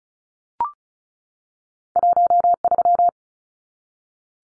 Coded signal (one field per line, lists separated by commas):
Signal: Morse code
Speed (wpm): 34 wpm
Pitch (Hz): 700 Hz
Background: none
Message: 13